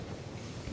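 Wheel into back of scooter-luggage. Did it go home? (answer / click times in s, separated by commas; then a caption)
no / none. An unclipped wheel is handled and put into the back of a scooter-luggage, heard as a steady low rumbling, broadband noise with no distinct impacts. The clip ends before the wheel goes home, and nothing has seated or clicked yet.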